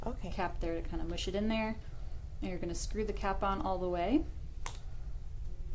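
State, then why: Seated. A food sample is pushed into a plastic allergen test capsule with the cap, then the cap is screwed on all the way while someone talks. A single sharp pop sounds at 4.7 s as the cap seats fully, which activates the chemistry test inside the capsule.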